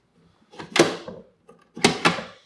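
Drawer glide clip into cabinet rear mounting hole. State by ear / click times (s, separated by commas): seated / 1.9 s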